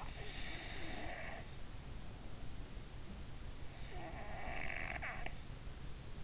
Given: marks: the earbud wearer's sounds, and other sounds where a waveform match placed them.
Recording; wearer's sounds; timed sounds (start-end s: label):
sounds in sleep by an in-ear microphone; breath, snoring breath
0.00-2.17 s: breath
3.48-6.00 s: snoring breath